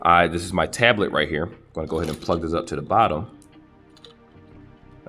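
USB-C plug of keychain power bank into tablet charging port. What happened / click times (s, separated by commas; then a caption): The USB-C plug did not seat on the first push / none. Someone talks while pushing the fold-out USB-C plug of a small plastic 4CONIC keychain power bank into a tablet's charging port, followed by quiet handling with a few faint, brief taps near 4.0 and 5.1 seconds. The first push does not seat the plug, and nothing has seated or clicked yet.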